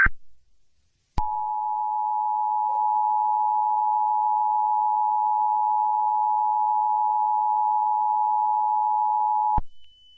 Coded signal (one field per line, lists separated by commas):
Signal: Emergency Alert System (SAME) tones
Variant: 853 and 960 Hz attention tone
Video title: Crescendo of the Blood Moon Part 1: Maid Warlord’s Control | EAS Scenario